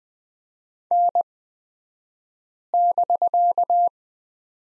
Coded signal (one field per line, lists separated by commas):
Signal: Morse code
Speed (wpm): 20 wpm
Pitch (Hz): 700 Hz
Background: none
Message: N<BK>